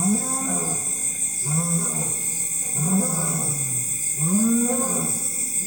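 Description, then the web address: Lion roaring in a series of deep, moaning grunts repeated about every one and a half seconds, over a steady high buzzing insect chorus. Lions in forest at dusk in Africa, with an insect chorus. "Africa- The Natural World. LIONS, Lions with insext chorus, in forest at dusk"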